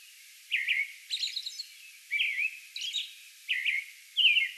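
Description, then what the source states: American robin giving a few rich caroled phrases alternating with higher scratchy notes. Song bout recorded May 11.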